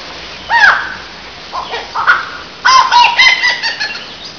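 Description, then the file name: Laughing kookaburra calls: harsh, harmonic notes in short bursts, then a longer run of chattering notes near the end. "Lachvogel"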